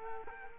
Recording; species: mosquito wingbeat signal from an infrared sensor; Culex quinquefasciatus